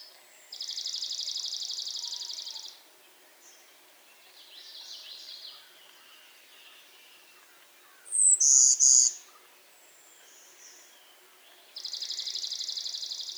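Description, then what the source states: Warbler hybrid song: a loud, short pair of high buzzy notes near the middle, between long, even, rapid trills at the start and end. Hybrid Golden-winged x Blue-winged Warbler, Vermivora chrysoptera x cyanoptera.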